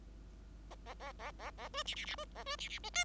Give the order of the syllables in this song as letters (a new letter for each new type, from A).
A A A A A A B C C C B A B C C D